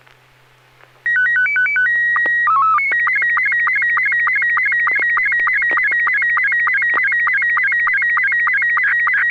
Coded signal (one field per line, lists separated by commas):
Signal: SSTV (slow-scan television)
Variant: Robot 72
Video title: N6NA SSTV Net - 12/28/2022